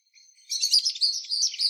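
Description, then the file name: Common blackbird: after a faint start, a dense, high, scratchy chatter runs continuously for just over a second, with no other clear sounds. "Turdus merula"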